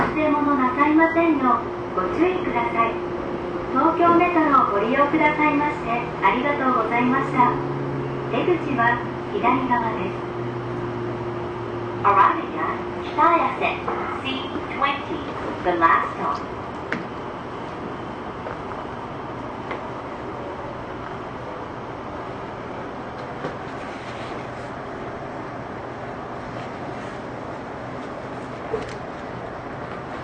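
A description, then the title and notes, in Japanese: Inside a subway train, a voice announcement and steady motor hum fill the first fifteen seconds, then a low, even rumble of running continues. 東京メトロ05系 綾瀬〜北綾瀬。今回は北綾瀬支線で録音した。営業列車の他、車庫にに入庫する回送や試運転の列車も走る。アルミ合金製20m車体に通常幅（1.3m）のドアの組み合わせ。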